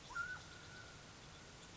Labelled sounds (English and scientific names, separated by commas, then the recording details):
Mountain Quail (Oreortyx pictus)
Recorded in Sonoma County, California